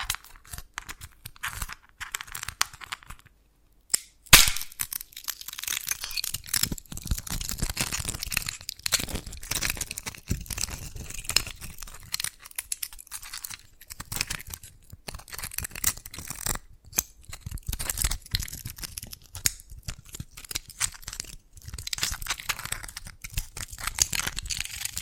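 Dalgona candy tapped and cracked in dense bursts of crisp, bright clicks and crackles, with one loud snap near four seconds after a brief pause.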